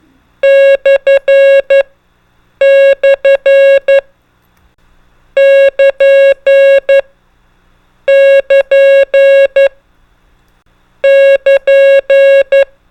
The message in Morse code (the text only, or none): / / <KN> <KN> <KN>